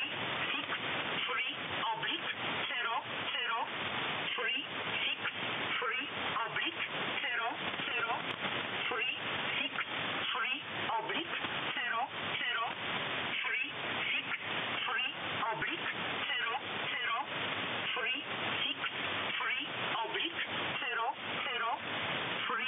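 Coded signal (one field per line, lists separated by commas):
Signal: numbers station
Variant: E11 Oblique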